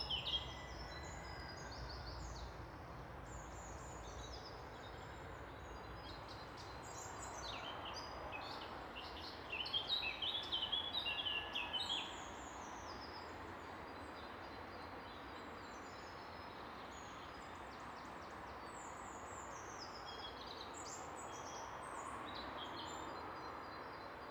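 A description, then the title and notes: Steady traffic rumble fills the space beneath a bridge, a dense, constant wash with little change in level. Birds chirp and twitter throughout in quick bright bursts, busiest and loudest around ten to twelve seconds, with scattered calls continuing near the end. Untitled [beneath Byker bridge]. Traffic and birdsong. Recorded on a bank holiday.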